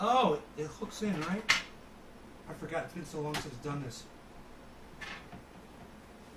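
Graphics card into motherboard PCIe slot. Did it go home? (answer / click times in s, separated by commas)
no / none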